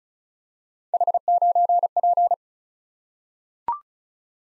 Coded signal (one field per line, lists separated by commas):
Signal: Morse code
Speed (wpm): 36 wpm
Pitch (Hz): 700 Hz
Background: none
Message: H9P